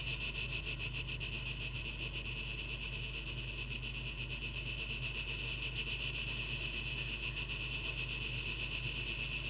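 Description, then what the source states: Cicadas give a dense high buzz with quick pulsing waves of loudness, steady for the whole stretch, with a soft low hum beneath. Recorded 12 August 2023, heard as a tape echo mix.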